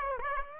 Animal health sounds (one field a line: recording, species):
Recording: mosquito wingbeat signal from an infrared sensor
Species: Aedes aegypti